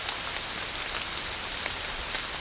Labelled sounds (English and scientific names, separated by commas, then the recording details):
none
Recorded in secondary vegetation near Puerto Asís, Putumayo, Colombia, on 13 March 2025 at 22:30
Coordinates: 0.502, -76.326
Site G100